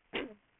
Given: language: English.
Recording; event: throat vibration sensor signal played as sound; cough